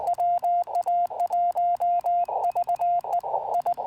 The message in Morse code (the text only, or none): WA1VEI